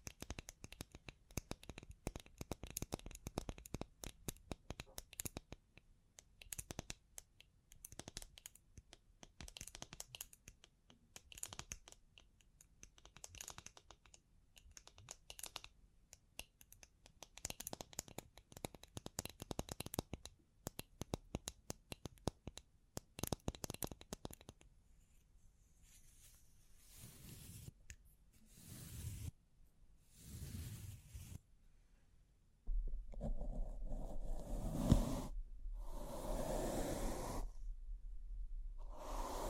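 Bling Bling triggers: fast, dense clicking and tapping, like keys or shuffled cards, for the first 25 seconds. Then come sparser, longer bright rustling sweeps, and from about 33 seconds a louder steady low hum, with a sharp click near 35 seconds.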